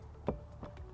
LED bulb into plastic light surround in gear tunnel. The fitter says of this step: there's a little notch in this plastic surround so you just kind of have to line up the bulb so it snaps back in